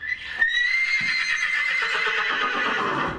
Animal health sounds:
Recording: contact call of a hoofed animal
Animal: horse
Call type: whinny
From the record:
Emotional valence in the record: negative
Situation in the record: separation from one group member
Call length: 3.3 s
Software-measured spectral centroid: 2370 Hz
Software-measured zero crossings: 3820 a second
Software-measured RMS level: -24 dBFS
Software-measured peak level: -8 dBFS

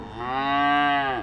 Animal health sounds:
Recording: contact call of a hoofed animal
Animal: cattle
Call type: low-frequency (closed-mouth) or high-frequency (open-mouth) call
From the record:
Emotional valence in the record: negative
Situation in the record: full separation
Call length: 1.23 s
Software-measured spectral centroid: 1560 Hz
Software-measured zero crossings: 1790 a second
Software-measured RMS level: -23 dBFS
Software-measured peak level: -10 dBFS

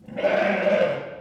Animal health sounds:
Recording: contact call of a hoofed animal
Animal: sheep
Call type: low-frequency (closed-mouth) or high-frequency (open-mouth) call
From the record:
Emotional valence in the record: negative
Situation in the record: short social isolation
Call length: 1.21 s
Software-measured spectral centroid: 1410 Hz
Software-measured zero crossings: 1530 a second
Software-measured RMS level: -23 dBFS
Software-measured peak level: -9 dBFS

